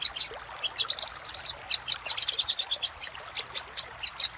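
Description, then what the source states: Little spiderhunter song, a quick series of high, sharp chips repeated several times a second, slowing slightly toward the end. Used for training cage birds.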